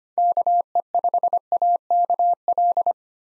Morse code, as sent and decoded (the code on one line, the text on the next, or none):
-.- . ..... .- -.- .-..
KE5AKL